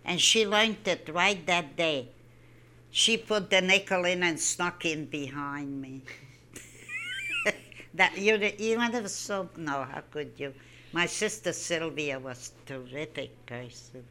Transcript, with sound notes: And she learnt it right that day. She put the nickel in and snuck in behind me. (They laugh.) You remember the s? No, how could you. My sister Slyvia was a terrific person.